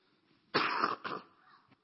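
Two short, harsh coughs in quick succession from an adult, the first stronger and longer, in a small room.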